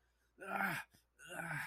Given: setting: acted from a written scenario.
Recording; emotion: vocal sound without words; pain